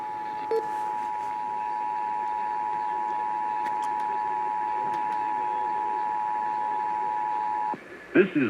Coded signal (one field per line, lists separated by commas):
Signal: Emergency Alert System (SAME) tones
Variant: 853 and 960 Hz attention tone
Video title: Valentine's Day 2017 EAS Compilation (EAS #120-122 - 2 RMTs)